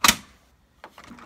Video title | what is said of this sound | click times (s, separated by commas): How to Assemble Chiccos Next2Me Crib I Parenting Vlog I Chiccos Next2Me Crib | should just hit him click that's now secure | 0.1 s